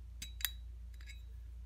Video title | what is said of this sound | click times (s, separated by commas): Sig Sauer P226 firing pin removal, cleaning and reassembly. | I push this the rest of the way you'll hear it click into place and | 0.4 s